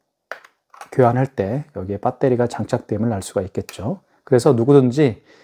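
The plastic battery compartment cover on a handheld wireless card terminal, the KIS-8630QN, is opened to show the battery. A sharp hit is heard at 0.3 s as the cover comes open, followed by someone talking. The cover latch releases and opens easily.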